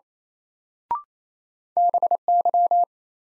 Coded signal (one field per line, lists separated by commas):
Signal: Morse code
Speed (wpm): 28 wpm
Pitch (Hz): 700 Hz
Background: none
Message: BY